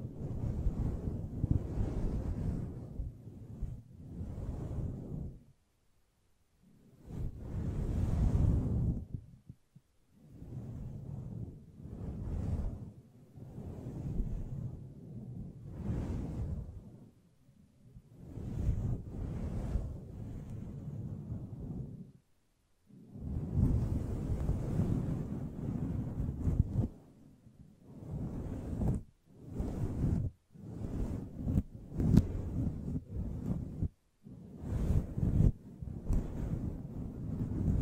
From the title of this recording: Mic Brushing and Scratching